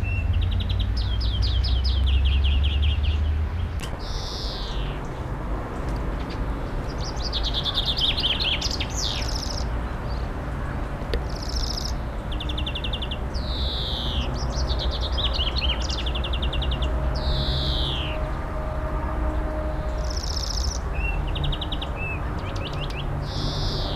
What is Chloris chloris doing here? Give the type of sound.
song